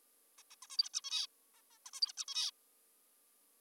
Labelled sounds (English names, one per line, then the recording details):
Zebra Finch
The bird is an adult
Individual g19o3U